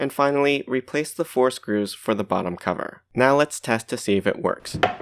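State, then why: Not seated. Someone talks over a Nutribullet 900 personal blender after repairing a broken post on its switch actuator bracket, with the four bottom-cover screws being replaced before testing. The blender cup has not yet been pressed down onto the motor base's switch actuators, so nothing has seated or clicked yet.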